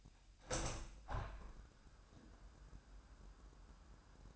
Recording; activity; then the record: daily activity, microphone in the room; open window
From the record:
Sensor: 2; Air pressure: 998.5 hPa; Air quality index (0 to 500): 126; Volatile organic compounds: 3 ppm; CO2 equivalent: 1423 ppm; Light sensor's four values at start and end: 6/14/6/6 and 6/15/6/7